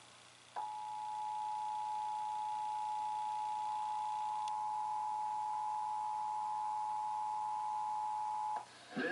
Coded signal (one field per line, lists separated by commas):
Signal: Emergency Alert System (SAME) tones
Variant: 853 and 960 Hz attention tone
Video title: (EAS #886) Required Monthly Test On WAPT-TV 3/6/2024